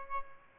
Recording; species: mosquito wingbeat signal from an infrared sensor; Aedes albopictus